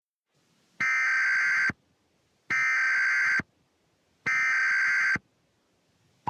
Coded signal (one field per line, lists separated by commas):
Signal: Emergency Alert System (SAME) tones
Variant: header bursts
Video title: EAS Mock; huh.....how is the tv working then?!?!?